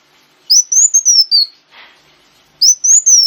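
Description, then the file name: Sunbird song: a thin, high, wavering whistle gliding downward, a soft rustle, then another rising whistled phrase. Sunbird known locally as kolibri wulung, used as a lure (pancingan). "suara burung kolibri wulung pancingan"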